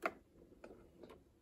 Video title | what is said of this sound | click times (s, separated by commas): Cleaning the Levoit LV600S Humidifier - "By the Book" | I'm going to pop that back in | 0.1 s